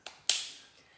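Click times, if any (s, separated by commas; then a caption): 0.3 s. A training adrenaline auto-injector pen, its blue safety cap removed, is pushed firmly against the thigh of a demonstration dummy. A faint tap at 0.1 s is followed by a sharp, bright click at 0.3 s that decays slowly, showing the mechanism has fired and seated.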